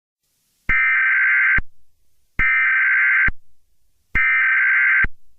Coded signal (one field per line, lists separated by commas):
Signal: Emergency Alert System (SAME) tones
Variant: header bursts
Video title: EAS Scenario | Minions Invasion (#104)